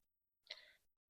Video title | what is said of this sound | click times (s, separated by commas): Hawk Talon Guide: Disassembly, Function, Reassembly | so that the protrusion on the lock bar engages the spring. It clicks in place, | 0.5 s